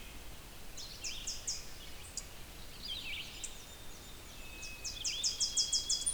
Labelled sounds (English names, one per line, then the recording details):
Red-eyed Vireo song
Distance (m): 50 m
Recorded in boreal forest in Alberta, Canada, on 6 June 2016 at 05:52
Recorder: SongMeter 3, array SBT-3-51
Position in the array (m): 80 m, 129 m